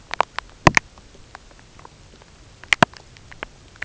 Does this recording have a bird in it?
no